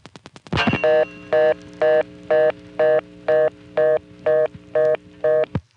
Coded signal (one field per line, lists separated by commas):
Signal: telephone call progress tone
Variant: North America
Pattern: reorder tone